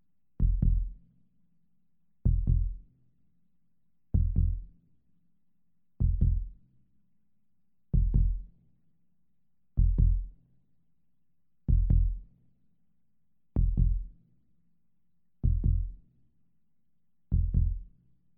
Heartbeat normal beat human hospital.